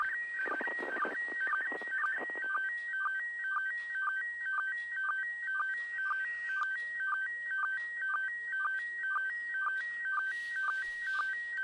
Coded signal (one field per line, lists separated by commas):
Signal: SSTV (slow-scan television)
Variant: PD 120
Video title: Live ISS SSTV pass